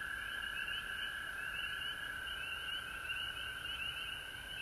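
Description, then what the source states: Chorus of frogs: short upward-slurred peeps repeated rapidly over a continuous trilling drone. Frogs at home in Georgia on March 19, 2020.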